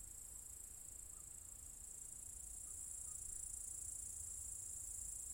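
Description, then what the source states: A constant high-pitched cicada drone, gradually building in loudness, with faint low rumble beneath. Several cicadas in an apple tree orchard at Zalensų Sodybos, Lithuania, recorded 23 August 2015.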